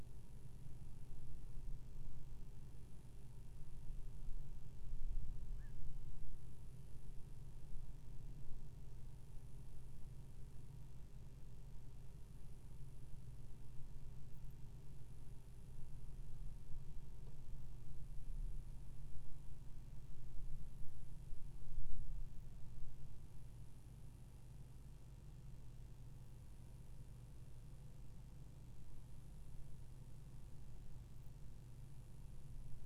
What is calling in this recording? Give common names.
Black-crowned Night-Heron